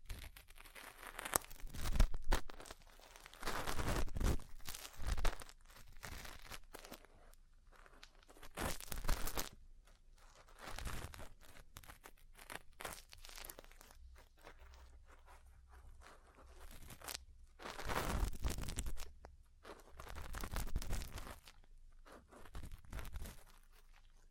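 Ear cleaning and massage sounds: bursts of crunching, crinkling and scraping that come in irregular clusters, loudest near the start, around 4 and 9 seconds, and again near 18 seconds. Between bursts there are short quiet gaps and softer rustling.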